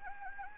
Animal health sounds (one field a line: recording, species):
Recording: mosquito wingbeat signal from an infrared sensor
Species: Anopheles gambiae